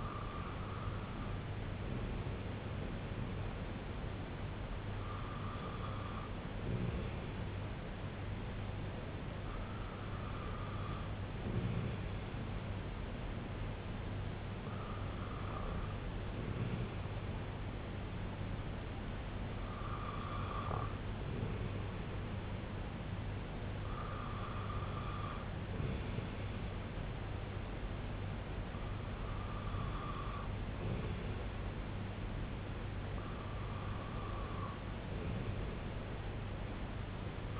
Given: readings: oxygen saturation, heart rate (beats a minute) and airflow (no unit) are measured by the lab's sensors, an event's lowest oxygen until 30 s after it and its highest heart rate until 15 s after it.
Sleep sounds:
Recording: breathing in sleep by a voice recorder at the bedside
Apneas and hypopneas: none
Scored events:
none scored
From the record:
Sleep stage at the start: REM sleep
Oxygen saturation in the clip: 95 to 97%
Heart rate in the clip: 64 to 69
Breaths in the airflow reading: 8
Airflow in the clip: -5.8 to 3.1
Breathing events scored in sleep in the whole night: 258 in 7.4 hours asleep

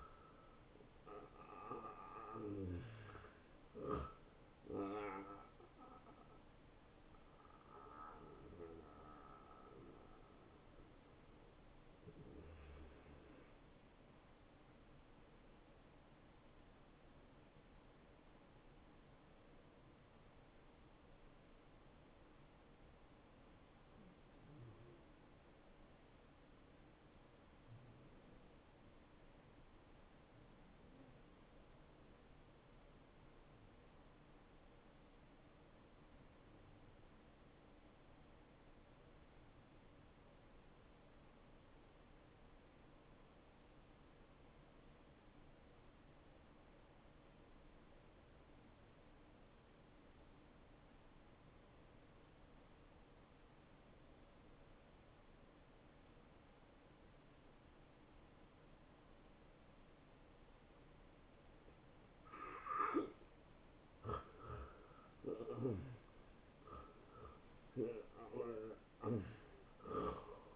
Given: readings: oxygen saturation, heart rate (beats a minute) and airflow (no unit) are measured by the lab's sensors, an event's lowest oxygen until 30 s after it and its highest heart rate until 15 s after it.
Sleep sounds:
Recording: breathing in sleep by a voice recorder at the bedside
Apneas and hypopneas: 1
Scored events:
18.00-62.80 s: hypopnea (N1, oxygen 96% highest, then 86% lowest)
From the record:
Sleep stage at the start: N1 (lightest sleep)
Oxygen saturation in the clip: 82 to 96%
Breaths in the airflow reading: 13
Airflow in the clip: -21.8 to 11.4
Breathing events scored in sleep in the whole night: 263 in 5.5 hours asleep

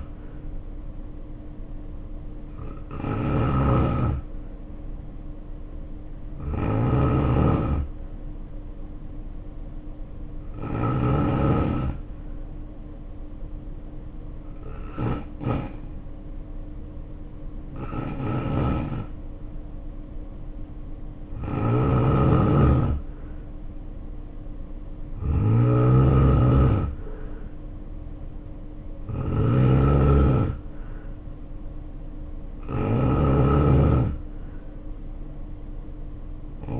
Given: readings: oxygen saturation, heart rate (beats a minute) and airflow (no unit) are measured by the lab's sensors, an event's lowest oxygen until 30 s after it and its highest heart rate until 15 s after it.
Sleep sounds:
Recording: breathing in sleep by a smartphone at the bedside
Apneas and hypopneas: 1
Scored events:
8.00-25.10 s: hypopnea (N2, oxygen 91% highest, then 86% lowest, heart rate 59 at the start, 70 highest)
From the record:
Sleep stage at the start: N2 (light sleep)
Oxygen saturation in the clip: 86 to 91%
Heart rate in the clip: 57 to 70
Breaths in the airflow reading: 8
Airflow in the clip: -2.5 to 3.8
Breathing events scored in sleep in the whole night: 520 in 7.2 hours asleep

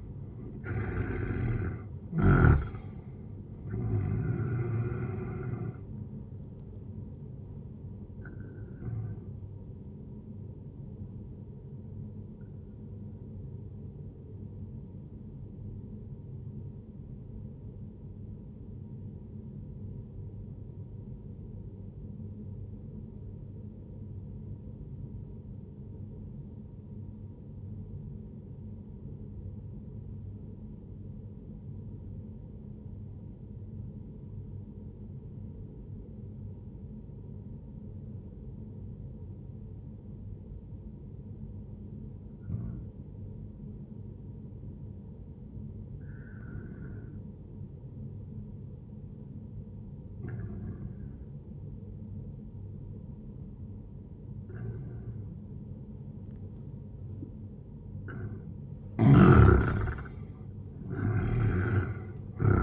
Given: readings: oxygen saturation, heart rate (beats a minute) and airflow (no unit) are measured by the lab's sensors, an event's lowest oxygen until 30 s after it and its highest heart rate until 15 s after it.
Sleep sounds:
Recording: breathing in sleep by a smartphone at the bedside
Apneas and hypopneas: 1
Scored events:
14.00-57.00 s: obstructive apnea (N1, oxygen 97% highest, then 89% lowest, heart rate 68 at the start, 80 highest)
18.00-62.63 s: new sleep stage, N2 (light sleep)
From the record:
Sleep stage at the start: N1 (lightest sleep)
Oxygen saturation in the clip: 90 to 97%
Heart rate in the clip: 57 to 78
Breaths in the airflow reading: 2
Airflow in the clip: -11.8 to 12.9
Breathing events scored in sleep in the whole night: 131 in 7.2 hours asleep

